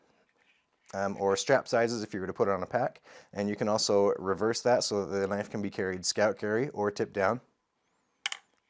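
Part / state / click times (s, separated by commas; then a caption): belt clip onto kydex knife sheath / seated / 8.3 s. Someone talks about an adjustable belt clip on a kydex knife sheath that can be reversed for scout or tip-down carry. At 8.3 s, a sharp plastic click with a quick double snap (8.3 s) is heard as the clip locks into place.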